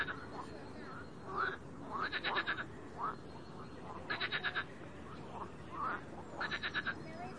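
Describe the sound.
Frog giving short pulsed bursts every couple of seconds, with quick upward-sliding chirps between them.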